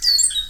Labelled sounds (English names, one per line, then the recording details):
Stitchbird song
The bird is a male
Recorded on Tiritiri Matangi Island, New Zealand, in 2005
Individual 5, of nest box 6